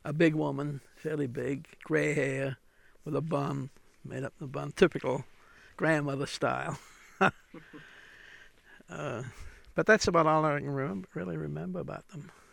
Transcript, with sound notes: a big woman, fairly big, grey hair, with a bun, made up in a bun, typical grandmother style. (he laughs) But that's about all I can really remember about them.